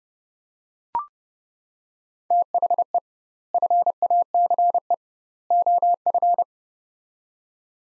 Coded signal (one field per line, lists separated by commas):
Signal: Morse code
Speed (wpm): 32 wpm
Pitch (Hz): 700 Hz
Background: none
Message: THE FACE OF